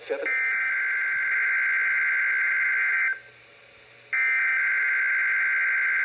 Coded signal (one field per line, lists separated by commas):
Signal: Emergency Alert System (SAME) tones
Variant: header bursts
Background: speech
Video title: EAS #653 NOAA Weather Radio Required Weekly Test 5/31/23 11:29 AM